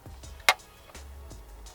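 An EVAP purge valve on a Honda Passport / Isuzu Rodeo, replaced for code P0441, is pushed back onto its mounting bracket in the engine bay. One loud, sharp snap is heard at 0.5 s over a low background hum, with a few faint ticks around it. The valve is seated on its bracket.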